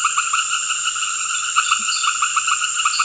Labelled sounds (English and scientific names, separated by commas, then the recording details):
none
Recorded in secondary vegetation near Puerto Asís, Putumayo, Colombia, on 8 March 2025 at 18:30
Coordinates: 0.488, -76.319
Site G095